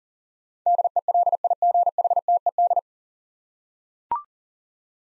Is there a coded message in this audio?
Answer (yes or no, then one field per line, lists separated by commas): yes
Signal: Morse code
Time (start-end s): 0.7-2.8 s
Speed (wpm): 40 wpm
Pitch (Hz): 700 Hz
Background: none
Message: DELIGHTED